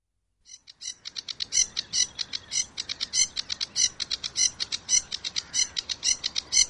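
Sedge warbler singing a fast, scratchy stream of chattering notes that starts softly and grows loud and harsh.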